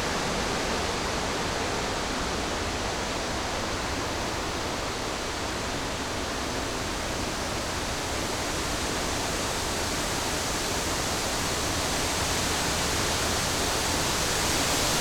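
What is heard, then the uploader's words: Strong wind blows through a forest in a dense, unbroken roar that holds nearly level for the whole stretch. The rushing sound fills everything from a low rumble up to a bright hiss, with no distinct gusts, creaks or other sounds standing out. Strong Wind Blowing in the Forest.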